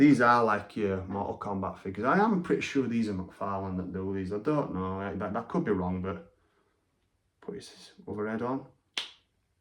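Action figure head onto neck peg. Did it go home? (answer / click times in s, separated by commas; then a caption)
yes / 9.0 s. Someone talks, then pushes the alternate plastic head of a Marvel Legends Wolverine action figure onto its neck peg joint. After a short pause and some handling noise, a single sharp click sounds at 9.0 s as the head seats on the neck.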